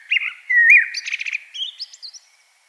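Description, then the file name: Common blackbird song: clear whistled notes, a burst of fast rattling twitter, then thin high squeaks. "Turdus merula"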